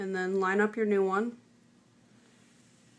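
A new camera flex connector is being lined up over the logic board socket of an iPhone 3G/3GS while someone talks for about the first 1.3 seconds. After that only faint low background noise remains. Nothing has seated or clicked yet.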